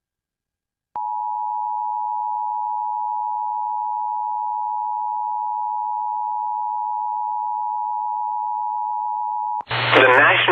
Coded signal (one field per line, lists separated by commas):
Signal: Emergency Alert System (SAME) tones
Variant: 853 and 960 Hz attention tone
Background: speech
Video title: EAS- REV Flash Flood Warning (FFW) on KKOH-AM (6/13/24)